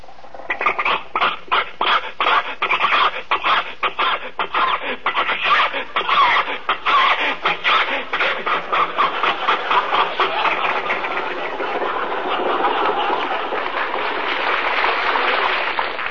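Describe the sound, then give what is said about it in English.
Jack Benny's old car engine, driven by Rochester on the way to Pasadena, sputters and wheezes uphill, a loud, rapid stream of irregular coughing bursts that blur into a steadier rattling strain toward the end, with no talking. “think your car will make this hill, Jack? Sure. Rochester, give it a little more gas.”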